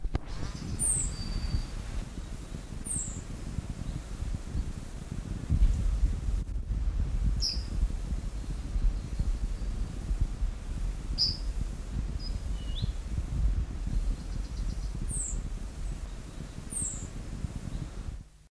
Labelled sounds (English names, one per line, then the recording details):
Yellowhammer alarm call
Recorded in the wild
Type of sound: alarm call
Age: diverse
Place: Elbholzallee (Gartow), Niedersachsen, DE
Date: 1971-08-01
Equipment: Halbspur, 9,5 cm/s
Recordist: Lütgens, Hans
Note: Flügges Junges ruft, Altes warnt. Elbholz